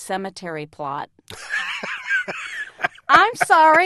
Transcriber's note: soundbite of laughter